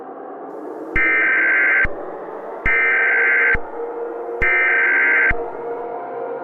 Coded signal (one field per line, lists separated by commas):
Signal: Emergency Alert System (SAME) tones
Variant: header bursts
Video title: Teenage Kraken Invasion - An EAS Scenario